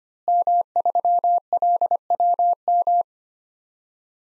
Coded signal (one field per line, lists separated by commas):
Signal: Morse code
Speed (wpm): 25 wpm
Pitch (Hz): 700 Hz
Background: none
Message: M3LWM